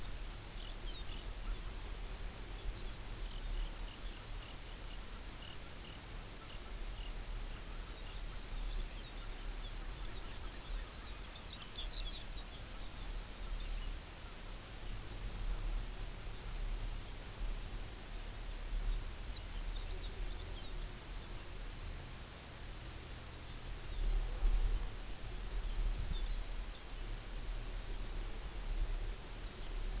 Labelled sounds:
Baird's Sandpiper (Calidris bairdii), Lapland Longspur (Calcarius lapponicus), unidentified sound
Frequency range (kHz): Baird's Sandpiper (Calidris bairdii) 2.4-3.7 kHz; Lapland Longspur (Calcarius lapponicus) 2.1-5.8 kHz
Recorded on Arctic tundra, site UTQI-5, on 24 June 2018
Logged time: 12:00

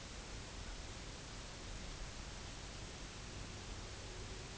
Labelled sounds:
unidentified sound, Pectoral Sandpiper (Calidris melanotos)
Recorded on Arctic tundra, site UTQI-0, on 16 June 2019
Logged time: 12:00

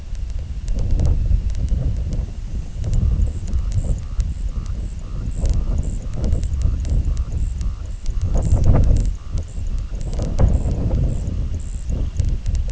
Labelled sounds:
White-rumped Sandpiper (Calidris fuscicollis)
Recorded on Arctic tundra, site IGLO-D, on 19 June 2018
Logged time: 22:00

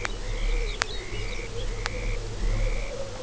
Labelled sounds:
Lapland Longspur (Calcarius lapponicus), Dunlin (Calidris alpina)
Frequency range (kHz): Lapland Longspur (Calcarius lapponicus) 2.4-6.0 kHz; Dunlin (Calidris alpina) 1.1-2.8 kHz
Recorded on Arctic tundra, site UTQI-5, on 19 June 2018
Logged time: 22:00

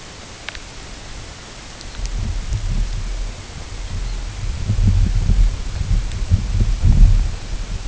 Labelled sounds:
Red Phalarope (Phalaropus fulicarius)
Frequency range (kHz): Red Phalarope (Phalaropus fulicarius) 3.7-4.7 kHz
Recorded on Arctic tundra, site UTQI-8, on 16 June 2019
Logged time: 00:00

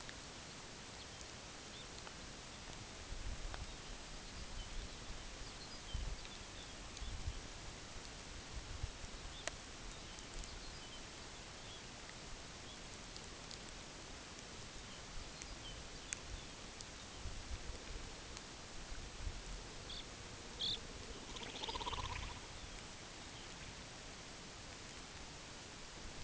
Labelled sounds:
unidentified sound, Pectoral Sandpiper (Calidris melanotos)
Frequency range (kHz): Pectoral Sandpiper (Calidris melanotos) 0.1-5.6 kHz
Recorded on Arctic tundra, site UTQI-8, on 15 June 2019
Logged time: 22:00

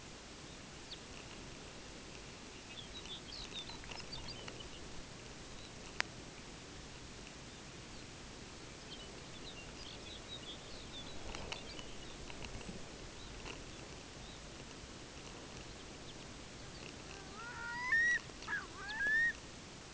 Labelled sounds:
unidentified sound, Lapland Longspur (Calcarius lapponicus), Pacific Loon (Gavia pacifica)
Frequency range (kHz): Lapland Longspur (Calcarius lapponicus) 1.7-6.2 kHz
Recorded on Arctic tundra, site UTQI-5, on 14 June 2019
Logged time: 14:00

